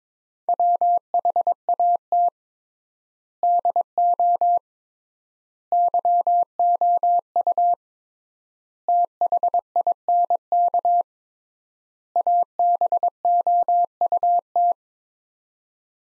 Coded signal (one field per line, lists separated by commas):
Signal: Morse code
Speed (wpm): 21 wpm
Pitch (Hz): 700 Hz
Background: none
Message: WHAT DO YOU THINK ABOUT